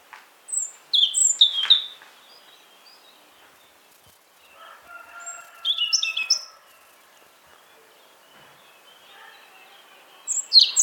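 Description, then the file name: European robin song, fluting high phrases broken by pauses. "Erithacus rubecula"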